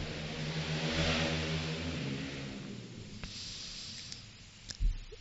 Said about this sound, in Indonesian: Nah, kayaknya di jam segini ini ada yang naik motor keras kayak gitu ya, antara jam ini sampai waktu Isya.